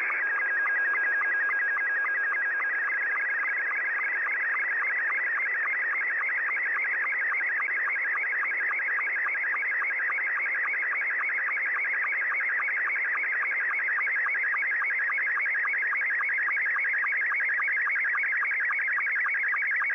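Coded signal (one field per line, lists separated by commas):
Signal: SSTV (slow-scan television)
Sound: steady mid-pitched warbling tone with rapid regular ticking blips, continuous throughout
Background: radio static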